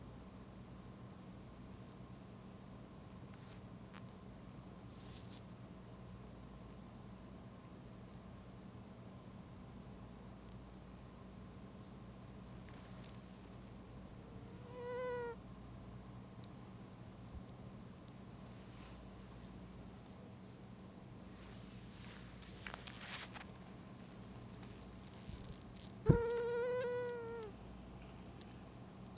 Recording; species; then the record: mosquito flight sound by mobile phone; Anopheles gambiae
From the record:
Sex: female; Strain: Kisumu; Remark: tethered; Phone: Google Nexus